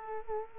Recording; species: mosquito wingbeat signal from an infrared sensor; Culex quinquefasciatus